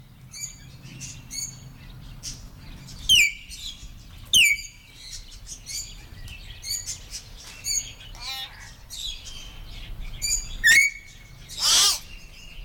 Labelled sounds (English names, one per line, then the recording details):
Common Hill Myna
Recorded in the wild
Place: Dahme/Mark, Brandenburg, DE
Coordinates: 51.87, 13.43
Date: 1995-04-29 17:59
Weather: heiter, 14°C
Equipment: Marantz CP 430, Sennheiser ME 80, Kopie Uher 4000 Report Monitor
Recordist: Tembrock, Günter